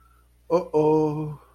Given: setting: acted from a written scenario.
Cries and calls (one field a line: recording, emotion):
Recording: vocal sound without words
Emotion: distress